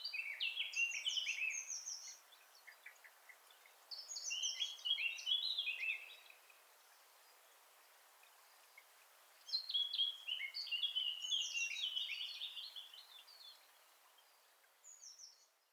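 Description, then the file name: Eurasian blackcap song: three bursts of fast, chattering warble with high squeaky notes, separated by pauses of a few seconds, then the start of a fourth. "Sylvia atricapilla"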